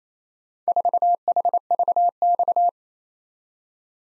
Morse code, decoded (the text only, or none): 4HVX